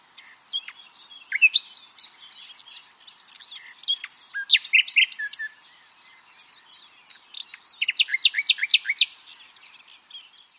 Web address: pub SETE data Luscinia megarhynchos